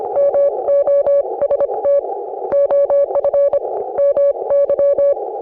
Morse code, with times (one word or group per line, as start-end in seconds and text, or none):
0.2-2.0 MOST
2.5-3.6 OF
4.0-5.1 MY